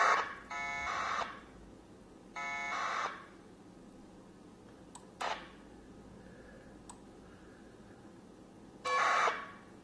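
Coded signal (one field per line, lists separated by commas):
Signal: packet radio (AX.25, as in APRS)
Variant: 1200 baud AFSK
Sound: four short harsh warbling data bursts, each under a second, with quiet gaps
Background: small room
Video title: APRSdroid AFSK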